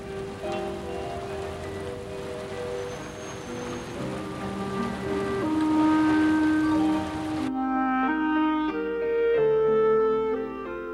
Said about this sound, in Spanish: No te preocupes, seguramente pronto dejará de llover.